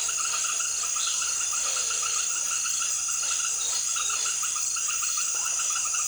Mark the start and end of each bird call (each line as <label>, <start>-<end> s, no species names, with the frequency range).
bird call (2.2-4.9 kHz), 0.00-3.75 s